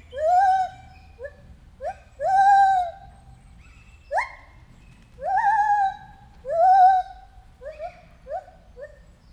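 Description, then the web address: White-handed gibbon hooting, long loud wavering hoots alternating with short rising whoops, a bright upswept note in between. Recorded at a zoo in Debrecen in 2019, during the first encounter with the gibbons. "allathangok debrecenizoo 2019. feherkezu gibbon"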